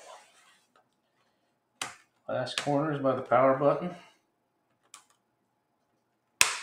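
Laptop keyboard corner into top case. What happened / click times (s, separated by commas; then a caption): The keyboard corner clip snapped home / 6.4 s. The last corner of a Lenovo Ideapad 110-15ISK laptop keyboard, by the power button, is pressed into the plastic top case while reassembling after a RAM upgrade, as someone talks. A few faint ticks come first, then a sharp, loud snap at 6.4 s as the corner clip seats home and the keyboard sits flush.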